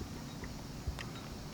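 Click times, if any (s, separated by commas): 1.0 s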